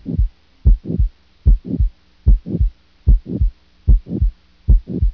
Heart sounds.